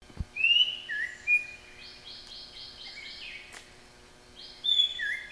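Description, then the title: White-rumped shama song of varied whistled phrases, a rapid series of repeated notes midway, then bright whistles again near the end. National champion bird; masteran recording used for training pet songbirds to sing. "Suara Murai Batu Juara Nasional"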